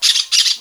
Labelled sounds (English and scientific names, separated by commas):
Brown-throated Parakeet (Eupsittula pertinax) contact call